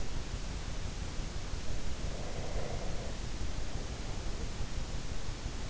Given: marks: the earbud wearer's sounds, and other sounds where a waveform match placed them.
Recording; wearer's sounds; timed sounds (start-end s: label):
sounds in sleep by an in-ear microphone; breath
2.02-4.40 s: breath